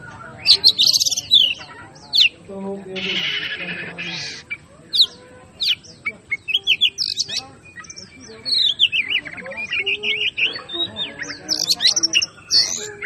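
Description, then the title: Oriental magpie-robin song: scattered sharp whistles and a harsh buzzy burst, followed by rapid twittering runs and bright high notes to the end. Master recording of a magpie-robin named Hercules, aggressive fighting song ('ngotot full tembakan': persistent, full of bursts), used for training cage birds. "Kacer Langsung Tarung Konslet KACER NGOTOT FULL TEMBAKAN. Suara Masteran Kacer Hercules"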